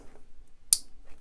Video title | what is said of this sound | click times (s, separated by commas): Brancher un panneau solaire sur une prise de courant | il y en a là des trompeurs voilà jusqu'au clic voilà | 0.7 s